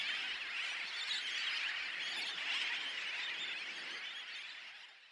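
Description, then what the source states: Birds in a massed chorus, many harsh overlapping cries forming a continuous high roar that fades slightly toward the end. Recorded at Bush Key in the Dry Tortugas.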